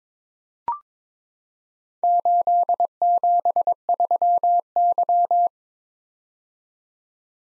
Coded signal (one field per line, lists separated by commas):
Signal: Morse code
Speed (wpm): 23 wpm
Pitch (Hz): 700 Hz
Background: none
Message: 873Y